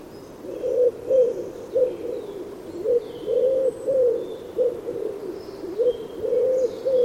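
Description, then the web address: Bird cooing, soft low hollow notes repeated in irregular phrases, with faint higher chirps in the background. "Bird Only"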